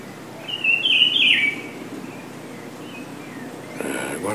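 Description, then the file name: Rufous-browed peppershrike giving one clear warbled phrase of up-and-down whistles ending in a quick downslur, followed by a softer, broad noise near the end. Recorded on Ilha de Comandatuba, Bahia, Brazil, at a golf course, dated 31 January 2013. "Cyclarhis-gujanensis 3-golfe-IComandatuba BA-BR-31-1-13-ASilveira"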